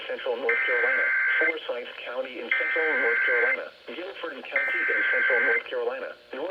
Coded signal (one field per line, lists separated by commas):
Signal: Emergency Alert System (SAME) tones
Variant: header bursts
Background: speech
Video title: Flash Flood Warning on WLNK-FM 107.9 - Hurricane Ian (EAS 1043)